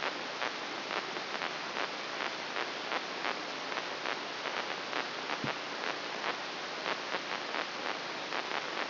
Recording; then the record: brain microelectrode recording played as sound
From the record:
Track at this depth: inside the subthalamic nucleus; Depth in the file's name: 3.911 mm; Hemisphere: left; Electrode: 3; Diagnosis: Parkinson's disease